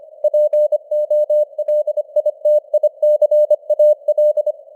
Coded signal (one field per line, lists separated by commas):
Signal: Morse code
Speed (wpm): 25 wpm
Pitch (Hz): 600 Hz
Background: none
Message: POLITICAL